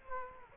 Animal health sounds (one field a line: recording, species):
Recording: mosquito wingbeat signal from an infrared sensor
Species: Culex quinquefasciatus